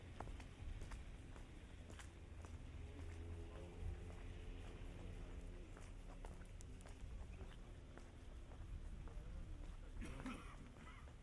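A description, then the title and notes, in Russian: Footsteps on a walk through the mountains of Dagestan, with irregular crunching steps over a constant low rumble, probably wind or an engine. Faint voices murmur in the middle of the clip, and a brief louder scrape or rustle comes near the end. Саундскейп - погружение в атмосферу Горного Дагестана. Прогуляйся по высокогорному селу Гуниб. Прогулка по Горному Дагестану.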